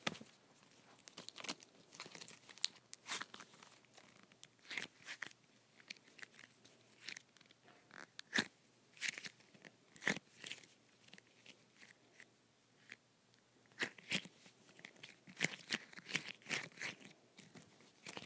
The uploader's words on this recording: ASMR Pulling Apart Putty.